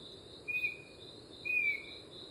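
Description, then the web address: Chestnut-backed antbird gives a pair of clear whistled notes, each gently descending, about one second apart, against continuous high-pitched insect noise. Recorded at Gandoca-Manzanillo, Costa Rica. "Gandoca-Manzanillo Aves myrmeciza exsul"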